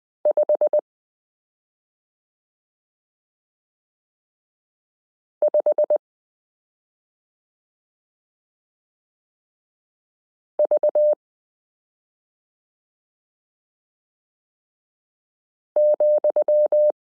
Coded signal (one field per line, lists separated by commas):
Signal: Morse code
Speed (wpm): 20 wpm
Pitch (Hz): 600 Hz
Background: none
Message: 55V,